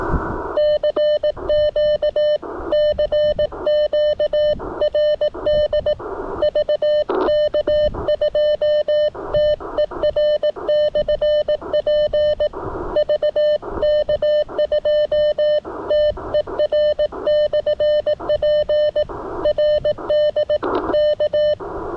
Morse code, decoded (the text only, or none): CQ CQ RD VK2TER/P VK2TER/P RD K